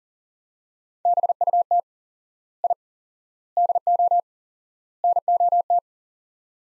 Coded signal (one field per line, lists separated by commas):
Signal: Morse code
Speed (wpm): 40 wpm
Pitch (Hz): 700 Hz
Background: none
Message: BUT I DO NOT